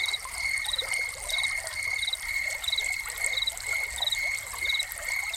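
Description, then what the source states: High, unbroken cricket trill with short chirps at a steady pace, mixed with steady rushing water. Soundscape of crickets calling beside a fountain.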